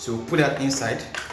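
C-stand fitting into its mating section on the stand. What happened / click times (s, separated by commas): The part is being handled but has not seated yet / none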